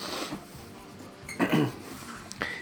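A brief harsh throat-clearing cough burst, then a shorter second one, from a congested adult man recovering from an illness with fever, in a small room.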